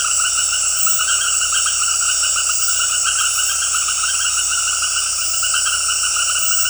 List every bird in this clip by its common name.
none